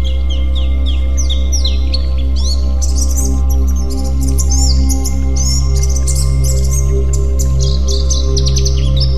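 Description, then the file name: White-eye giving a busy, high-pitched twittering song of rising and falling slurred notes, over a low hum. "pleci"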